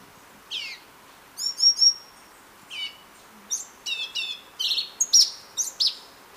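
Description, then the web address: Orange-bellied euphonia song with falling slurred notes, high whistles and clustered chattering chips, spaced in short bursts. Ecuador. "Natures Songs S America Birds of Ecuador Orange-bellied Euphonia"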